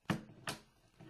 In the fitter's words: lift it up and it will lock into place and your